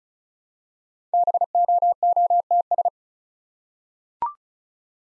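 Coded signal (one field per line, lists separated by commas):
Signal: Morse code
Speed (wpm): 36 wpm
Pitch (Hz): 700 Hz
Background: none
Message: BOOTS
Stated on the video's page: Practice set of easy words at 35 wpm, with context hints.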